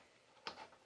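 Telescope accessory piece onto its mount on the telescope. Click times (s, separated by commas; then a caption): 0.5 s. A telescope accessory piece on a Celestron Explorer DX 130AZ, lined up by its arrow, is slid onto its mount on the telescope. A single short, sharp tick sounds at 0.5 s, followed by a brief fading tail over a quiet background. The piece locks in place.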